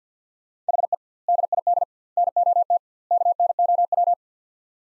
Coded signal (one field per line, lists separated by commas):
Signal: Morse code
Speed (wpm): 50 wpm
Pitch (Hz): 700 Hz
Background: none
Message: HE DID NOT KNOW